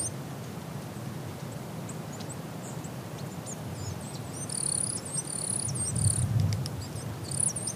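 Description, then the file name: Long-tailed tit calls: sparse high thin notes at first, building to a dense run of very high trilled, wavering calls in the second half, over low background rumble. "enaga"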